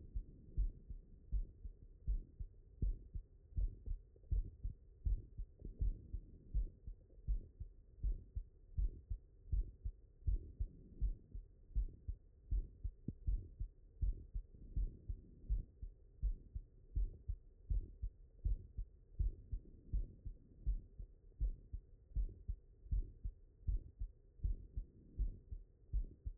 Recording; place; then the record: heart sounds by stethoscope; mitral valve (MV)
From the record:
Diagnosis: non-HFrEF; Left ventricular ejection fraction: 79%